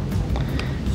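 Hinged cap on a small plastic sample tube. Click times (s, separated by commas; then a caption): 0.6 s. A hinged plastic lid is pressed shut on a small plastic sample tube holding 0.3 ml of sample, closed with an audible snap so the samples will not spill in the paper centrifuge. Over steady low background sound, a sharp snap at 0.6 s confirms the lid is seated and closed.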